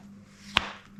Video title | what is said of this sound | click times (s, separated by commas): IMPROVING THE HILLEBERG SOULO TENT - IT NEEDS IT! Modification Hack Review | clicks in and it will not shake out so I've put two holes in the | 0.6 s